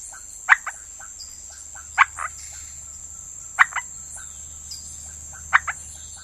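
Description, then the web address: Wagner's white-lipped frog calls: loud, short clucking notes given in close pairs, repeated every one and a half to two seconds, over a steady high insect whine. Ecuadorian Amazon, South America. "Natures Songs S America Frogs of Ecuadorian Amazon Leptodactylus wagneri"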